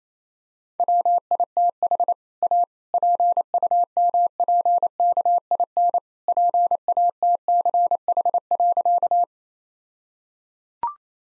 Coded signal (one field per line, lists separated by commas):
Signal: Morse code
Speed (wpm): 27 wpm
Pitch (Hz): 700 Hz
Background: none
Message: WITH A PUMPKIN PATCH.